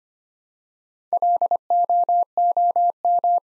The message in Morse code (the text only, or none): LOOM